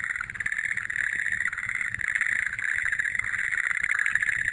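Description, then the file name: Frog chorus: many overlapping rapid, rattling calls merge into an unbroken trilling drone that holds steady. "kaeru"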